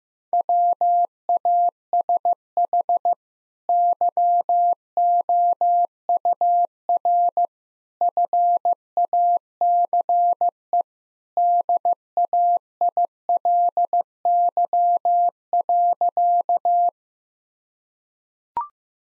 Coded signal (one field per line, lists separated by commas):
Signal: Morse code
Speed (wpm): 15 wpm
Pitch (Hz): 700 Hz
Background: none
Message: WASH YOUR FACE DAILY.